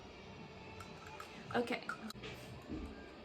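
A clear plastic base is being handled onto the body of a soft-mist inhaler after the cartridge has been inserted, with brief handling noises while someone talks. Nothing has seated or clicked yet; the clip ends before the base goes home.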